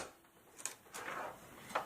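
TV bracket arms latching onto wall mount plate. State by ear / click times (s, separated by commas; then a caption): seated / 0.7 s, 1.8 s. A TV that has been hooked onto a wall mount plate top first has its bottom pushed in, so the bracket arms latch onto the plate. A faint tap at 0.6 s comes just before a sharp click at 0.7 s, then a softer broadband rush, then a second sharp click at 1.8 s. The mount's locking latch clicks home and the TV is seated.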